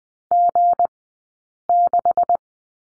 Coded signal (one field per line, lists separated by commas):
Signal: Morse code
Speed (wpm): 20 wpm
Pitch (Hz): 700 Hz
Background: none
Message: G6